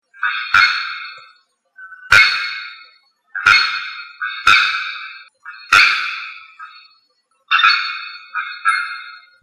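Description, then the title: Bird calls: several sharp-onset, ringing harmonic notes, most followed by a softer note, against a quiet background. "LuckyPassaro Completos2Sama"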